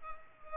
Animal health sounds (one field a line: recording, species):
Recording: mosquito wingbeat signal from an infrared sensor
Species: Culex pipiens